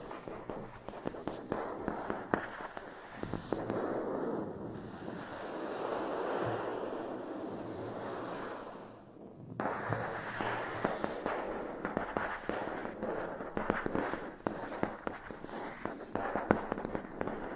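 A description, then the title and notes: Matte plastic being scratched with a dense, grainy rasp that runs almost continuously, with quick sharp taps and clicks scattered throughout. The scraping swells into a smoother rush around four to nine seconds, stops briefly near nine, then resumes with busier, choppier tapping. TimASMR-Matte Plastic Scratching & Scratchy Tapping (NO TALKING).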